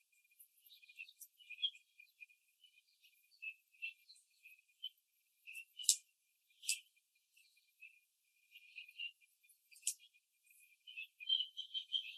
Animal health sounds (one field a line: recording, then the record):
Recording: young laying hens in a cage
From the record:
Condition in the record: before the stressor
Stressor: simulated dog barking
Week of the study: 3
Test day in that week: 2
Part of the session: 4